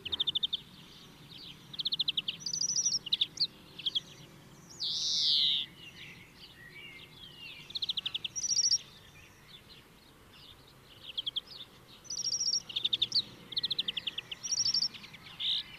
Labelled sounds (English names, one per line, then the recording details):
European Greenfinch song
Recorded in the wild
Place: Kaiserslautern, Rheinland-Pfalz, DE
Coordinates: 49.4284, 7.7788
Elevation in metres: 279
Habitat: garden
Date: 1977-06-17
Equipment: Nagra IV, Sennheiser MKH 405, Parabolreflektor
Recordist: Tretzel, Erwin